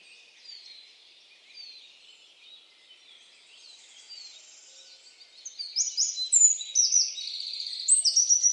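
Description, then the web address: Bird calls, faint scattered high chirps at first, then later a burst of loud, sharp, rapidly repeated high-pitched notes continuing to the end. "Bird Only"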